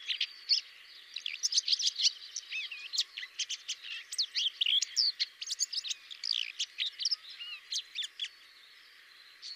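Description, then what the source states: Common whitethroat singing a long, busy scratchy warble of sharp clicks, squeaks and slurred whistles without pause. Song variant 5.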